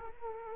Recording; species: mosquito wingbeat signal from an infrared sensor; Culex quinquefasciatus